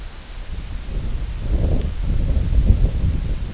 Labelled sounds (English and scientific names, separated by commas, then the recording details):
none
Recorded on Arctic tundra, site IGLO-D, on 19 June 2018
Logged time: 14:00